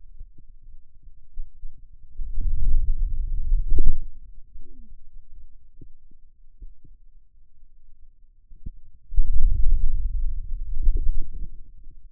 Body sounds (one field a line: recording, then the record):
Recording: forearm muscle sounds (acoustic myography)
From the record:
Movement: wrist extension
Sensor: system 2, bracelet of six BSWA MPA416 microphones around the upper forearm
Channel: 2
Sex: male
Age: 22 years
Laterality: right